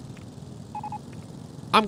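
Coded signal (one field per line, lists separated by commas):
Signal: none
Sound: game sound beeps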